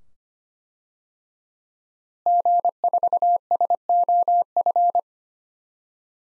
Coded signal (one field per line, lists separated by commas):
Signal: Morse code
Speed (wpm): 25 wpm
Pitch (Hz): 700 Hz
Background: none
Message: G4SOF